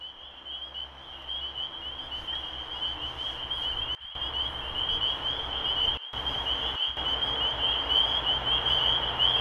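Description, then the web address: Spring peepers in a continuous high-pitched peeping chorus, with brief sudden dropouts in the sound and a broad hiss of background noise. Recorded 23 March 2012. "rob animals Peepers-2012-0323"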